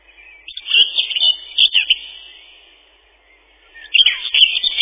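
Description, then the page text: Common whitethroat song: a scratchy, hurried chattering phrase, then a pause and a second similar rasping burst starting. Song described as a twittering 'tirli-vi-tir-li-chet-chit-chitirli'. "Серая славка, или славка-говорунчик — Sylvia communis. Пение. Песня — щебетание “тирли-ви-тир-ли-чет-чит-читирли”"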